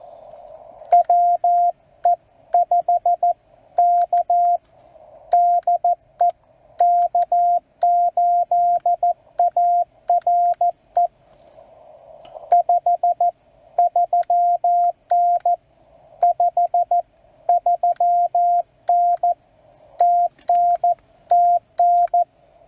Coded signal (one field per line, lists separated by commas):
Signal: Morse code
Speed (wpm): 14 wpm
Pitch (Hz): 690 Hz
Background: radio noise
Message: WE5K DE K8ARE 53N 53N TNTN